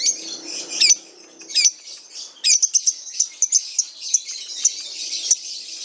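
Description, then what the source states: Lovebird sharp, high chirps, some doubled, given in irregular bursts and then a quick run of short squeaky notes. Master song recording of lovebird ngekek, the long trilling style, called among the longest, used as kicau pancingan, a lure song to prompt other birds.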